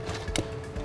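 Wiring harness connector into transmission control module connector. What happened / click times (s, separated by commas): The connector's locking tab clicked into place / 0.4 s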